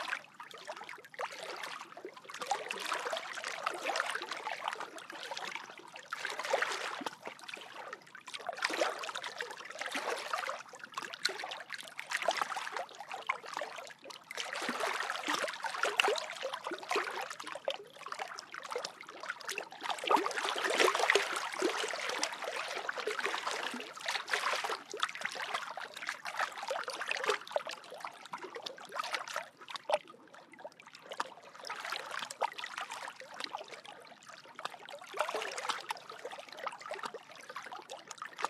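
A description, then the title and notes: Small waves lap steadily at a lakeshore, a dense run of splashes and trickles with no pauses. Bright washes swell and ease every few seconds, loudest around twenty seconds in, over a faint low rumble with no other sounds. WAVE Sounds at the Lake, Waves Lapping at Lakeside, Water Sounds.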